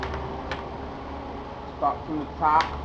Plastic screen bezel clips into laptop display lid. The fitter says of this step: click it make sure everything's inside